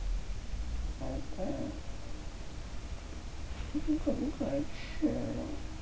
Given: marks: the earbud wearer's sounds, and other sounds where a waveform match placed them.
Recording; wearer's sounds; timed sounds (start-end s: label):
sounds in sleep by an in-ear microphone; talking in sleep
0.82-2.16 s: talking in sleep
3.54-5.77 s: talking in sleep